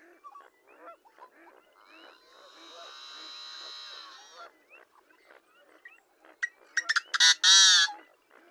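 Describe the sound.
Yellow-headed blackbird song: scattered clucks, then a long drawn-out nasal buzz, followed by loud, grating rasping bursts near the end.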